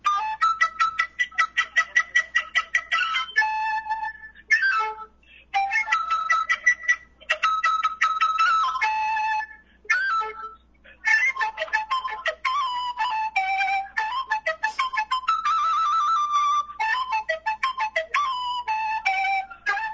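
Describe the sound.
A quena flute plays a short fragment of a piece inspired by how birds sing, imitating birdsong with rapid chirping trills and quick repeated high notes, played alone in bright, lively phrases separated by brief pauses.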